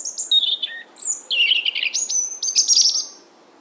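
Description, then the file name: European robin song: a rapid, continuous run of high thin whistles, warbles and buzzy trills jumping between pitches, with a faint low hum underneath. "Erithacus rubecula"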